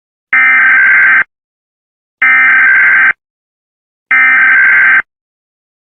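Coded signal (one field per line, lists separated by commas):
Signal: Emergency Alert System (SAME) tones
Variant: header bursts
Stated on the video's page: Compilation of EAS alarms from around the world.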